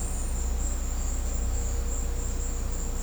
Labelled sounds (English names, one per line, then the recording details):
none
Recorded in secondary vegetation near Puerto Asís, Putumayo, Colombia, on 16 December 2024 at 14:00
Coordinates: 0.502, -76.326
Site G028